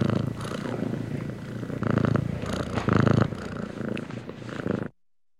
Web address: cat purring and meowing animal purring contented animal x purring being petted anima